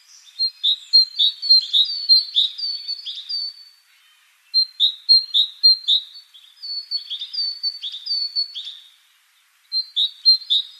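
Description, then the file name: Great tit giving repeated series of quick, high two-note chirps in bursts of roughly three to four and a half seconds with brief gaps between them. "Parus major"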